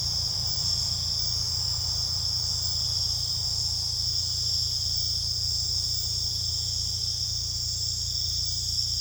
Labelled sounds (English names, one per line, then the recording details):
none
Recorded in secondary vegetation near Puerto Asís, Putumayo, Colombia, on 18 December 2024 at 21:30
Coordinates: 0.484, -76.319
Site GP06